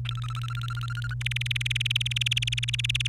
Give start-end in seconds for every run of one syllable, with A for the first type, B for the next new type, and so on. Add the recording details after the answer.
0.05-1.14 A, 1.21-3.07 B. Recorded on 29 April 2018 at 10:32. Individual llb3